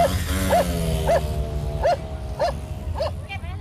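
A dog barks six times in a steady, evenly spaced rhythm, each bark short and fairly high-pitched, over a low, constant rumble of background noise.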